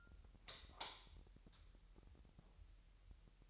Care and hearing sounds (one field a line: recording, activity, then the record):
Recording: daily activity, microphone in the room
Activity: light on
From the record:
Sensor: 3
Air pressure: 1001.8 hPa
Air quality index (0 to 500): 248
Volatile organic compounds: 50 ppm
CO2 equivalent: 3298 ppm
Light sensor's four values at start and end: 6/13/5/5 and 13/35/15/14